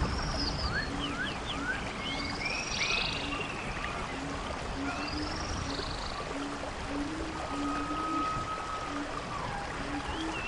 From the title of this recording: Rain Sound and Rainforest Animals Sound